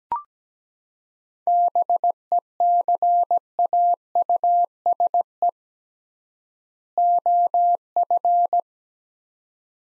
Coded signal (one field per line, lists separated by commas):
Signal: Morse code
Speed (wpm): 17 wpm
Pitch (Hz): 700 Hz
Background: none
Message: BECAUSE OF